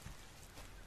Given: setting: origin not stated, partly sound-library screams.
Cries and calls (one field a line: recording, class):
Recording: one-second piece from a danger detection set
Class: normal situation